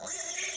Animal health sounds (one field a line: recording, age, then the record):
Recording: pig call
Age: piglet (1 to 25 days)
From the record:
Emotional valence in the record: negative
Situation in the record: short isolation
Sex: male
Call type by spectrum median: high-frequency call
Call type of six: high-frequency modulated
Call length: 0.57 s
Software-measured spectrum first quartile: 2152 Hz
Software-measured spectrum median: 5531 Hz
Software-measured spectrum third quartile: 7130 Hz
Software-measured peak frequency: 6434 Hz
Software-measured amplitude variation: 127 dB a second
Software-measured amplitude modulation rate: 23.8 a second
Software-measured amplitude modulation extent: 5.3 dB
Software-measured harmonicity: 2.5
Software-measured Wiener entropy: -2.01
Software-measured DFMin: 889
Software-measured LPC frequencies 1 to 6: 684, 1905, 2314, 3297, 5643, 6368 Hz